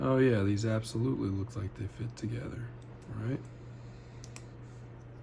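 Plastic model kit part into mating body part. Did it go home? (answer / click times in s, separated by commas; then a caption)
yes / 4.2 s, 4.4 s. Two plastic model kit parts for the body unit are pressed together by hand. Someone talks, then the parts join with a small click at 4.2 and 4.4 seconds, showing they fit properly and are seated.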